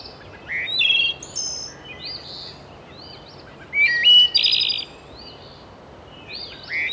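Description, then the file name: Bird song: bright, high chirps and short whistled phrases in scattered bursts, with a louder warbling burst near the middle, over a soft steady hiss. "Zarobi - Beautiful Bird Song"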